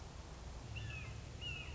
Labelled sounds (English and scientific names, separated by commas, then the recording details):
Red-shouldered Hawk (Buteo lineatus)
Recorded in Sonoma County, California